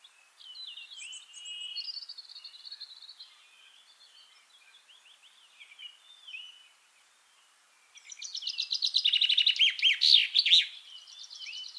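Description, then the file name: Common chaffinch: soft warbling and twittering notes for several seconds, then a loud, fast series of repeated chirps ending in a ringing flourish. "Fringilla coelebs"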